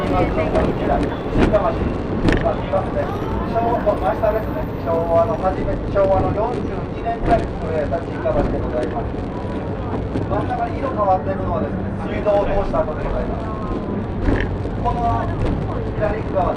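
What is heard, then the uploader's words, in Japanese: On the Shimanto Torokko 2 train, voices chatter continuously over a steady low rumble of the moving train, with occasional clicks and knocks. 予土線しまんトロッコ2号 江川崎→土佐大正。案内人の話を聞きながらのんびりと走っていきますが、トンネル区間が多いので結構轟音だらけになります。また意外と風が冷たいです。前日まで大雨だったこともあり川の水は汚かったですが、空気はとてもきれいに感じました。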